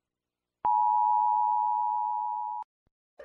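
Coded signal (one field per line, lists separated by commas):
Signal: Emergency Alert System (SAME) tones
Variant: 853 and 960 Hz attention tone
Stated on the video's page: A joke compilation of simulated alarms attributed to various countries, not real broadcasts.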